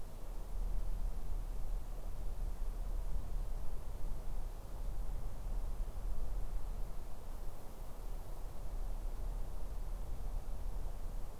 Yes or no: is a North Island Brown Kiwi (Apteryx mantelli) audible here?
no